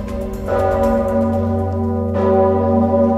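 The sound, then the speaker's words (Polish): The Zygmunt Bell, Poland's most famous bell, rings loudly from Wawel, rung by bell-ringers pulling ropes to greet the election of Pope Leo XIV, with two heavy strikes about a second and a half apart, each leaving a deep, sustained hum of layered overtones that never fades out between blows. “Najsłynniejszy polski dzwon rozbrzmiewał z Wawelu o 20 przez 6 minut.”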